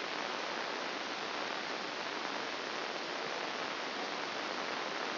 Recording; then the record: brain microelectrode recording played as sound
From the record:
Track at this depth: inside the subthalamic nucleus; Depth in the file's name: 4.465 mm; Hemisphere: left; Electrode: 2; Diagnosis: Parkinson's disease